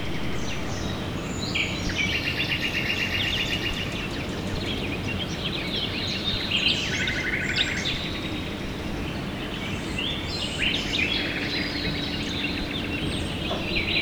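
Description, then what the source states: Birds singing in a dense chorus, overlapping chirps, trills and short whistles from several singers, over a steady low rumbling background noise. Recorded at dawn, 5 a.m.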